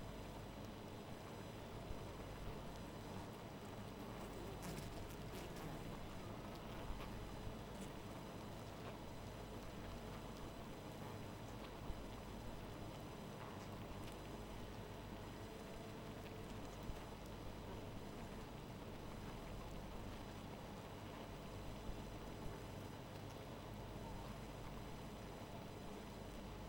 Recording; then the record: honeybee colony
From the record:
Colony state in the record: missing queen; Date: 14 July 2017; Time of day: 0:40